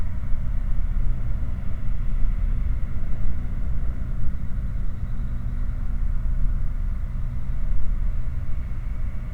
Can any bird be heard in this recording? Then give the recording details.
no. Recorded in the Prudhoe Bay oil fields, Alaska, on 15 August 2019 at 20:30. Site 29